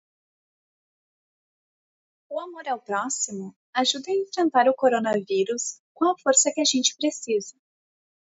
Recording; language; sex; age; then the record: spoken sentence; Brazilian Portuguese; female; 30 to 39 years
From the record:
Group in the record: control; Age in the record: 30 years